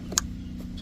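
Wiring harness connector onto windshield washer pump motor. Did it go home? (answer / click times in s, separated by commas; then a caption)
yes / 0.2 s. A wiring harness electrical connector is pushed down onto the windshield washer pump motor of a 2018–2020 Hyundai Elantra SEL during a washer reservoir tank and pump replacement. A faint contact sound at 0.1 s is followed by a sharp click at 0.2 s, heard over a steady low hum. The connector is seated and confirmed clicked in.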